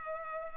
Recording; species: mosquito wingbeat signal from an infrared sensor; Culex pipiens